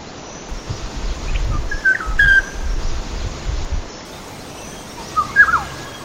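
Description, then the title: Black-naped Oriole giving short, clear whistled notes near two seconds and again near five and a half seconds, over a steady low rumble and background hiss. Observed during birdwatching at Baiyangdian. "家住白洋淀——我的观鸟笔记 身披“黄金甲”——黑枕黄鹂"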